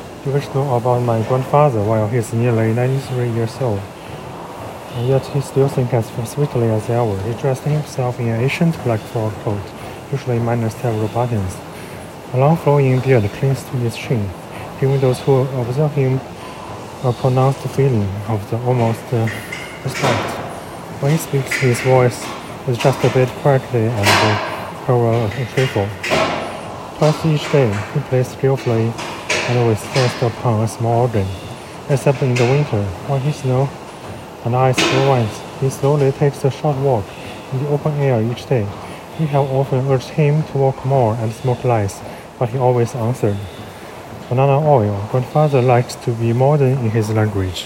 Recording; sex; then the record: reading aloud after running; male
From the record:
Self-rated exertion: light exertion (2 of 6); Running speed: 7 miles an hour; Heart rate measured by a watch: 126 beats a minute at the start, 127 at the end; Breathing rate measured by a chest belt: 15 breaths a minute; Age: 33 years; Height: 178 cm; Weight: 73 kg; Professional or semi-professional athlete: no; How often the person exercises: 1 to 2 times a week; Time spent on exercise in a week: under 1 hour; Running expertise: no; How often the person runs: under once a week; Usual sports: tennis